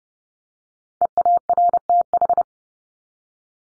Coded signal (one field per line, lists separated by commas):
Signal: Morse code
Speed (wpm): 30 wpm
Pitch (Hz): 700 Hz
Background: none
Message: EARTH